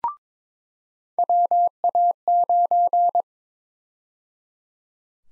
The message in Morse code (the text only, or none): WA9